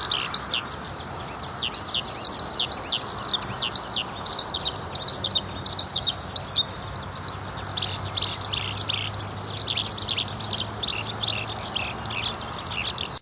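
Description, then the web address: Eurasian skylark song, a continuous high, rapid warbling stream of chirps and trills that runs without pause throughout, with a faint low hum beneath. "azamidani sound bird 04 hibari"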